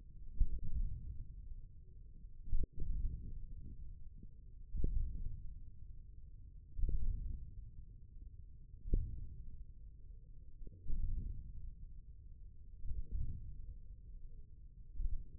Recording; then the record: forearm muscle sounds (acoustic myography)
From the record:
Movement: wrist extension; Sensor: system 1, eight BSWA MPA416 microphones around the upper forearm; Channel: 1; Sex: male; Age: 41 years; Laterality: right